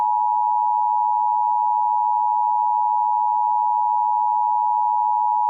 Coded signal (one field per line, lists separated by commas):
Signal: Emergency Alert System (SAME) tones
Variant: 853 and 960 Hz attention tone